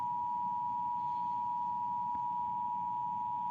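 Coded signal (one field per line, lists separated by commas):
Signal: Emergency Alert System (SAME) tones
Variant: 853 and 960 Hz attention tone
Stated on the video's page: Fictional EAS scenario, not a real alert.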